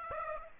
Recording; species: mosquito wingbeat signal from an infrared sensor; Aedes aegypti